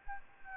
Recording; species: mosquito wingbeat signal from an infrared sensor; Anopheles arabiensis